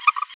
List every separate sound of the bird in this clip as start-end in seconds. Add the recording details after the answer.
0.07-0.11, 0.21-0.24. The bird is a female. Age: 27 days. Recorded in a nest box in Venezuela. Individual 17B73B2